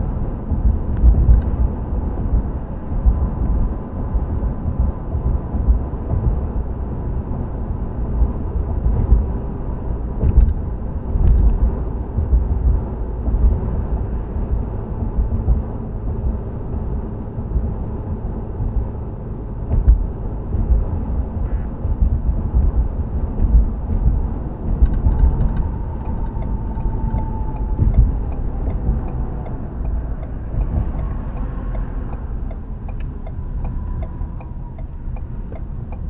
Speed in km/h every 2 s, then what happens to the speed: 72, 74, 72, 71, 69, 66, 64, 63, 63, 63, 63, 63, 63, 55, 50, 39, 26, 23.
0-5 steady at about 72. 5-14 slows to 63. 14-24 steady at about 63. 24-33 brakes to 23.